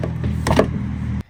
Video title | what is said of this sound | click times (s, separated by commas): HOW TO Change / Replace 2007 - 2021 Toyota Tundra Headlamp Assembly | Okay, so you're just going to push this back in. It's going to take a lot of force, and you're going to hear it pop into place, | 0.5 s, 0.6 s